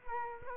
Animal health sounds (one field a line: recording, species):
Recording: mosquito wingbeat signal from an infrared sensor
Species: Culex quinquefasciatus